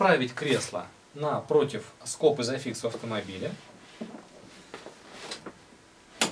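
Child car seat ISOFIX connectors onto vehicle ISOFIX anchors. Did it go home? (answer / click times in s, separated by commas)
yes / 6.2 s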